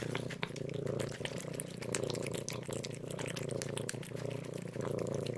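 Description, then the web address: Domestic cat: kittens lapping liquid, making rapid soft clicks and wet ticks over a steady low purr-like rumble. Two kittens drinking milk from a bowl. "som dois gatinhos a comer leite da tigela"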